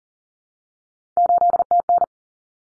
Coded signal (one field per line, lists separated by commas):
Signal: Morse code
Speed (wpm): 40 wpm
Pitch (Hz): 700 Hz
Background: none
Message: 8TN